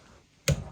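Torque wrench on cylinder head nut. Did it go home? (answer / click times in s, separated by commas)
yes / 0.5 s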